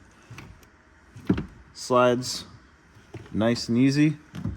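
The driver's seat in an FRS drift car is slid along its metal seat rails, giving short knocks and rattles around 0.4 s, 1.3 s and 4.4 s while someone talks. The seat slider latch has not locked in yet; nothing has seated or clicked into place by the end of the clip.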